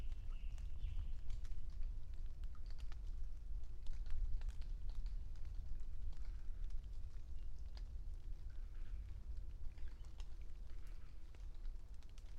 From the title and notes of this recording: Passing Thunderstorm East Of Bear Mountain. A late spring afternoon in a small stand of Quaking Aspen growing beneath tall Ponderosa Pines beside a seasonally flooded meadow located east of Bear Mountain in Shasta-Trinity National Forest, Siskiyou County, California. A microphone is placed on either side of the trunk of a tree, in this case a Quaking Aspen.